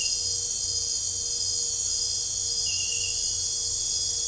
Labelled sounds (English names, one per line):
none